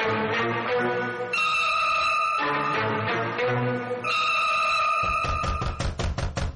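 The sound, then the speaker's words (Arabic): Loud, rapid knocking on a door, a quick series of hard thuds near the end, following several seconds of bright, sustained musical tones. “ايوه اللي على الباب، خمت ايدك في الباب هيتكسر.”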